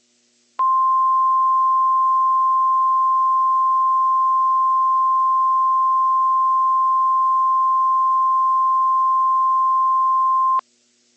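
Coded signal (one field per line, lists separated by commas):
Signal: Emergency Alert System (SAME) tones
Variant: 1050 Hz attention tone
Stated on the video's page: Fictional EAS scenario recreation with valid EAS tones, styled after older NOAA Weather Radio CRS broadcasts with text-to-speech voices.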